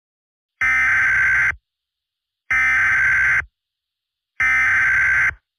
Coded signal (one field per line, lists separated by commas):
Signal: Emergency Alert System (SAME) tones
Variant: header bursts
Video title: (BIRTHDAY SPECIAL) Akame's Bloody Rampage (Akame ga Kill EAS Scenario)